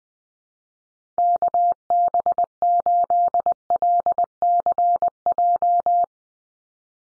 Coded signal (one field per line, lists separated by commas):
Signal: Morse code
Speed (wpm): 20 wpm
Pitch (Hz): 700 Hz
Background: none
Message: KB8LCJ